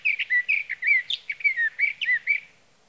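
Sage thrasher song: a fast string of warbled, slurred whistles and chirps, evenly paced for about two and a half seconds, then fading into quiet.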